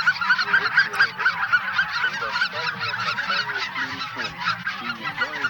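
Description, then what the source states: Greater white-fronted goose flock calls: dense, overlapping high yelping honks in continuous chatter, with lower gabbling and rising notes beneath. Flock chatter of greater white-fronted geese, used as a decoy lure recording.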